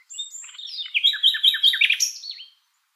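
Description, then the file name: Common nightingale song: a whistled opening note leading into a rapid, rhythmic series of loud repeated chirping notes. "Luscinia megarhynchos"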